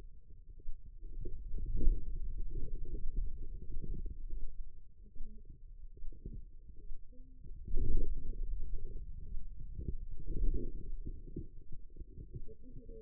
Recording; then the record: forearm muscle sounds (acoustic myography)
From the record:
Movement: hand opening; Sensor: system 2, bracelet of six BSWA MPA416 microphones around the upper forearm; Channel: 3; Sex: female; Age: 25 years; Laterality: right